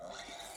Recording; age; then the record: pig call; piglet (1 to 25 days)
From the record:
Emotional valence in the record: negative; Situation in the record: short isolation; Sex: male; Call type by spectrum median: low-frequency call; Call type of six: high-frequency stable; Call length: 0.58 s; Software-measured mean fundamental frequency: 132 Hz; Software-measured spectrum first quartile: 762 Hz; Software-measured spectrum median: 2054 Hz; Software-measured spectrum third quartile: 4834 Hz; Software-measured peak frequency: 675 Hz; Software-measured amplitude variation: 110 dB a second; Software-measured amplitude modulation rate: 23.4 a second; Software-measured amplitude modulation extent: 4.7 dB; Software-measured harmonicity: 1.3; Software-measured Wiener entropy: -1.80